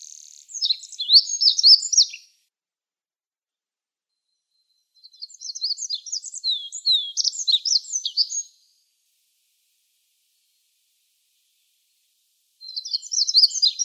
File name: Konek pjatnistyj